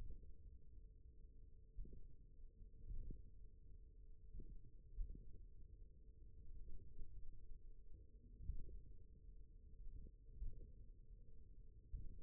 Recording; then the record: forearm muscle sounds (acoustic myography)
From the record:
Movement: finger pinch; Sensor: system 1, eight BSWA MPA416 microphones around the upper forearm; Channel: 2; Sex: male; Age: 41 years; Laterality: right